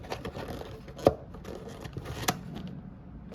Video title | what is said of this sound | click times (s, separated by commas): Medium Retail - Child Lock Concept 4 w/ Full Auto-Btm | until it clicks locks | 2.3 s